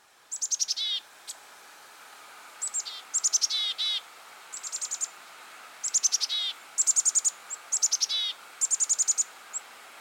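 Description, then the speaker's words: Black-capped Chickadee chick-a-dee calls: short high sweeping notes followed by runs of buzzy, rapidly repeated dee notes, given in several bouts. Chick-a-dee call, source of the name chickadee; used to communicate a variety of things, such as discovery of a food source or presence of a predator. "It's the chick-a-dee call, and it sounds like this."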